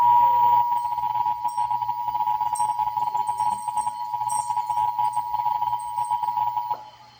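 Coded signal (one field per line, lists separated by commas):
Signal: Emergency Alert System (SAME) tones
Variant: 853 and 960 Hz attention tone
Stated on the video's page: Texas required monthly test as carried on several AM, FM and TV broadcast stations.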